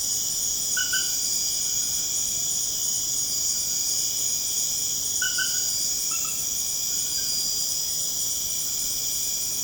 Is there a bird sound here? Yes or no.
no